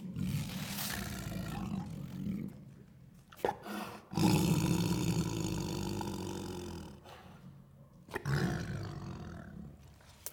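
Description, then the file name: Tiger giving low, rasping growls in several drawn-out bouts, the loudest lasting about three seconds, broken by short pauses. Tiger recorded while eating. "Digiffects Sound Effects Library - Tiger Eating"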